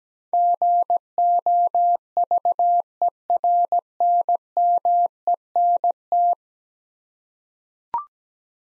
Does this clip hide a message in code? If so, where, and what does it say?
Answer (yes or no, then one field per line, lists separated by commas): yes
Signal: Morse code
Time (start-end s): 0.3-6.3 s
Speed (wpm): 17 wpm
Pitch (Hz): 700 Hz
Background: none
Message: GOVERNMENT